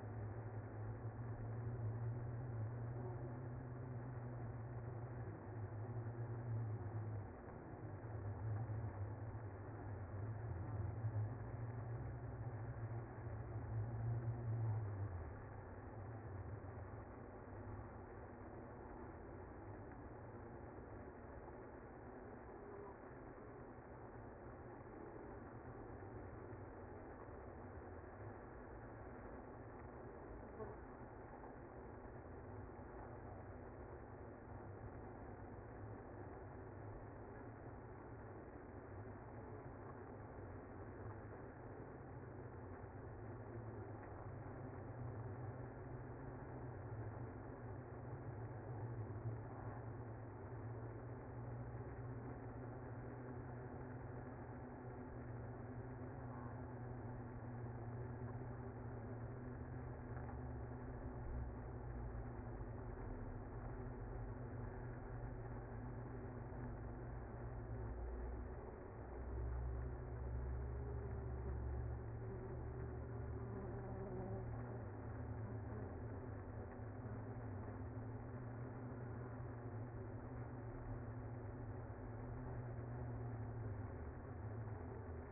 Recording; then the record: honeybee colony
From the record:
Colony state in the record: active